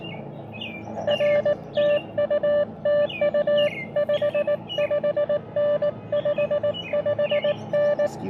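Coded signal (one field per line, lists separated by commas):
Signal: Morse code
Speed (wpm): 20 wpm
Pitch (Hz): 600 Hz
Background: none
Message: R TU TU 55N 55N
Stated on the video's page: QRP POTA activation at a state park using an Elecraft KX2 with KXPD2 paddles and an end-fed random wire antenna.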